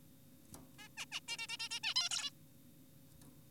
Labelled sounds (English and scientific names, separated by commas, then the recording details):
Zebra Finch (Taeniopygia guttata)
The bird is an adult
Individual g4p5U